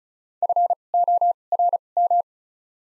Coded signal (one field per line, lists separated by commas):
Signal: Morse code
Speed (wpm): 36 wpm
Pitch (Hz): 700 Hz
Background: none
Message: F O R M